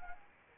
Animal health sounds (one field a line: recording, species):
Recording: mosquito wingbeat signal from an infrared sensor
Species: Anopheles arabiensis